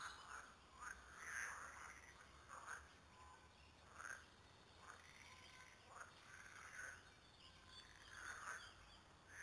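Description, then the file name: Frogs croaking, short rasping calls repeated irregularly less than once a second, with a faint background chorus. Several frogs recorded at Lüssow. "luessow froesche"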